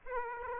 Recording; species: mosquito wingbeat signal from an infrared sensor; Aedes aegypti